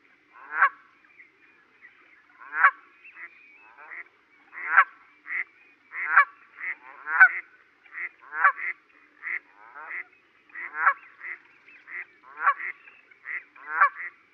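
Goose giving repeated honks, spaced about two seconds apart at first and then quicker, with some softer honks between the louder ones.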